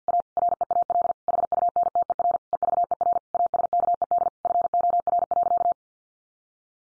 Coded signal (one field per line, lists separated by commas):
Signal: Morse code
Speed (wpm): 50 wpm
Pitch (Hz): 700 Hz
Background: none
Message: A REAL HUNTER EVER ASKED FOR.